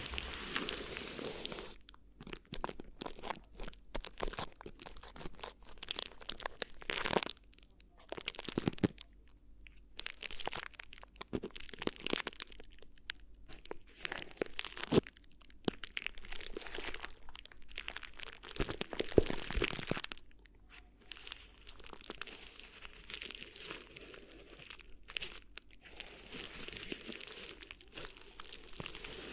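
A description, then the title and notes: Crinkly ear massage: bursts of bright crinkling and crunching come in quick, irregular strokes, with a brief quieter pause near twenty seconds. ASMR Addictive Crinkly Ear Massage (No Talking).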